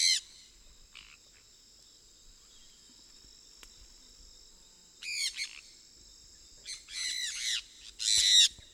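Sun parakeet calls, harsh high screeches in short bursts at the start, around five seconds and again from seven seconds, over a constant high hiss.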